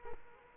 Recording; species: mosquito wingbeat signal from an infrared sensor; Culex quinquefasciatus